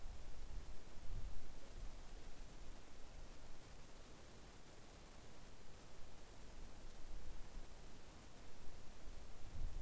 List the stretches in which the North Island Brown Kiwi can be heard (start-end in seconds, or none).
none